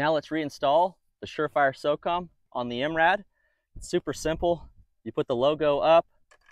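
A SureFire SOCOM suppressor is being reinstalled on an MRAD rifle's muzzle brake mount, positioned logo up, while someone talks throughout. Nothing has snapped in or seated yet by the end of the clip.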